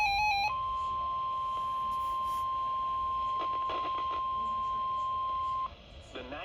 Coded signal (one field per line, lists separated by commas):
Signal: Emergency Alert System (SAME) tones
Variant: 1050 Hz attention tone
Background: speech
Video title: PURE CHAOS 1 | An EAS Event | EAS 35-52 | MonkeyFilmRadios